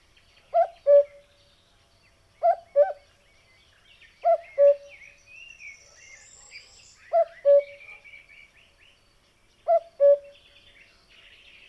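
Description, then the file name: Cuckoo repeating its falling two-note cu-coo five times, while other small birds twitter and chirp softly in between. "minutes of cuckoos"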